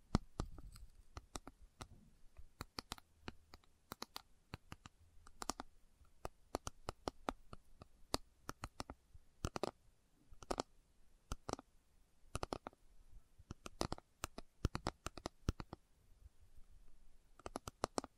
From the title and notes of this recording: ASMR Slow Tapping for Deep Sleep (No Talking).